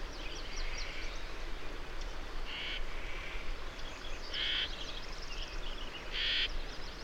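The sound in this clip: Birdsong: scattered high chirps with a few louder notes, over heavy low rumbling noise.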